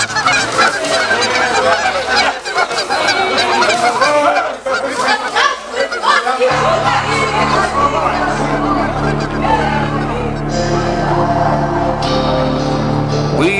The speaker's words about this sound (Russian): Не прошло и 5 минут с начала их вторжения, и они уже постыдно бежали по тому пути, который привел их на ферму, преследуемые отрядом гусей, щипавших их за икры.